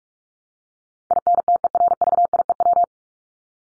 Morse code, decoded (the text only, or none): INTERVIEW